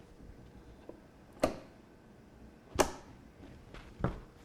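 A DDR4 memory stick is pushed down into a motherboard RAM slot, first on one side and then the other. The plastic retention levers click at 1.4 s and 2.8 s, including on the side that does not move, and a further sharp knock follows at 4.0 s. The module is seated.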